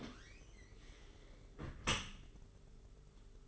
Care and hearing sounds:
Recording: daily activity, microphone in the room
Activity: close dishwasher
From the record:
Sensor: 4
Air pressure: 992.1 hPa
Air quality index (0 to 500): 108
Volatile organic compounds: 17 ppm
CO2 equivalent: 2585 ppm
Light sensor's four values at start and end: 23/78/28/30 and 22/78/28/30

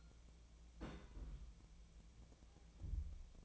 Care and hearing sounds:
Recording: daily activity, microphone in the room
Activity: place on stove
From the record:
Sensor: 1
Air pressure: 1000.0 hPa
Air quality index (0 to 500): 134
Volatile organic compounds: 2 ppm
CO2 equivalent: 1265 ppm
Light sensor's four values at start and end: 42/105/44/55 and 42/106/44/55

